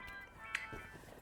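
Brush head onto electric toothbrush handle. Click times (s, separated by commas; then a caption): 0.5 s. A plastic brush head is pushed back onto the handle of a Ranvoo AirJet II electric toothbrush and snaps into place. There is a single sharp click at 0.6 s (0.55 s) over a quiet background, and the head is seated.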